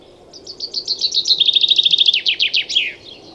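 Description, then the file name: Common chaffinch song: a quick series of high notes speeding into a steady trill, then slower descending notes and a short final flourish, lasting about two and a half seconds. "Fringilla coelebs"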